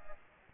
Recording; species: mosquito wingbeat signal from an infrared sensor; Aedes aegypti